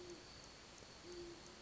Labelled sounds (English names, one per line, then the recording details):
Great Horned Owl
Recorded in Sonoma County, California